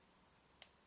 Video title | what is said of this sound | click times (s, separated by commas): Jun Lang 16010B Knife Review | there we go locked into place look | 0.6 s